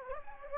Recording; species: mosquito wingbeat signal from an infrared sensor; Anopheles gambiae